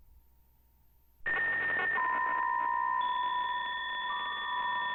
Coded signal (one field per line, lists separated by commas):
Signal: PSK63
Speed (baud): 62.5 baud